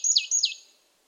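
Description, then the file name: Marsh tit call: two quick high notes, each a bright chip followed by a downslurred note, within about half a second. "Poecile palustris"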